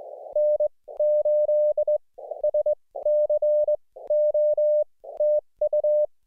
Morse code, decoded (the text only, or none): N8SCO TU